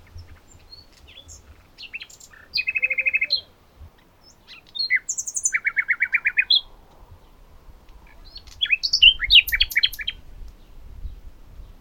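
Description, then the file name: Common nightingale singing rich phrases, including a fast trill of repeated notes and a rapid run of rhythmic chooks, then a jumbled burst of sharp notes; low rumble present. "Luscinia megarhynchos"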